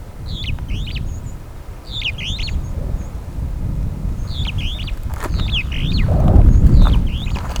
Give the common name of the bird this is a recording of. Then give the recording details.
Superb Starling. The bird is a female. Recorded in Kenya on 21 April 2009 at 15:08. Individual 37, of group DRT2